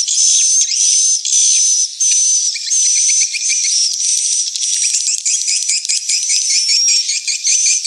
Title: Am thanh nha yen Akau Vietnam - Tien giang